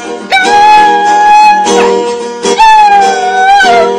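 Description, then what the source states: Dog howling in long sustained tones, some sliding and wavering downward, with short breaks between howls. Dog singing along to a guitar.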